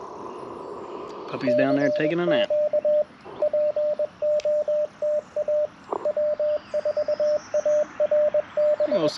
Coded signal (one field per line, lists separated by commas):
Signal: Morse code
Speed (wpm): 21 wpm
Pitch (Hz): 600 Hz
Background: speech, radio noise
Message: CQ POTA W4ARB